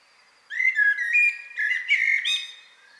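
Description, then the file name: Common blackbird song, a single mellow fluty warbled phrase that wavers and steps upward, ending in a brighter, higher squeaky flourish; otherwise quiet. "Turdus merula"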